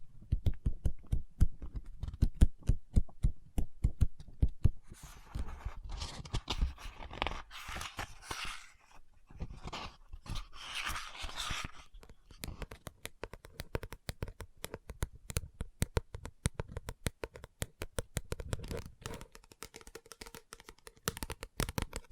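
Rapid, steady fingertip tapping on a book runs throughout, joined midway by bursts of bright scratching and papery rustling before the tapping continues alone.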